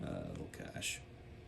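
Someone handles the screw-down crown of a steel dive watch, working it toward the case tube after several failed tries and a near cross-thread, while someone talks. Faint handling sounds sit under the voice, with a brief brighter burst near 0.9 s. Nothing has seated or clicked yet; the crown is still being handled and is not yet home.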